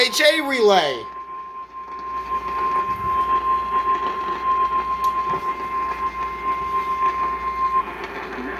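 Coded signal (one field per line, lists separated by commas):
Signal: Emergency Alert System (SAME) tones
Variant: 1050 Hz attention tone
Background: speech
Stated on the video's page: Emergency Alert System alerts, part of a run of 22 catches in one day.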